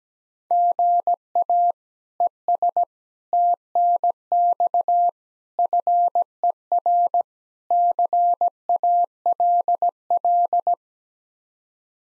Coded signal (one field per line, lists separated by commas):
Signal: Morse code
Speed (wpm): 17 wpm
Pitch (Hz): 700 Hz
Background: none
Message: GA ES TNX FER CALL